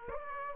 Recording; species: mosquito wingbeat signal from an infrared sensor; Aedes aegypti